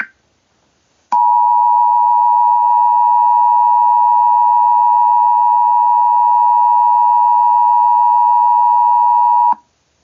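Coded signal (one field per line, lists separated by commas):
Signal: Emergency Alert System (SAME) tones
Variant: 853 and 960 Hz attention tone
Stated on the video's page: Fictional EAS scenario.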